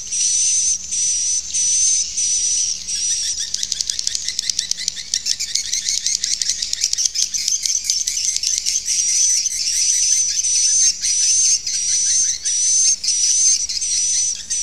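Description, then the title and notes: Swiftlet calls, high buzzy chirping bursts at first, a middle stretch of fast sharp clicking, then the repeated rasping bursts return. Sound used for swiftlet farming in Asia. "Swiflet Bird Sound. Farming Swiflet Bird asia sound"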